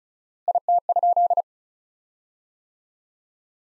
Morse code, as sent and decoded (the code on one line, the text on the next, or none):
.. - ..--..
IT?